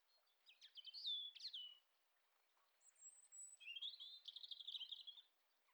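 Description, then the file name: European robin song in two phrases: sharp sliding notes, then a high thin whistle leading into a warbled twitter. "Erithacus rubecula"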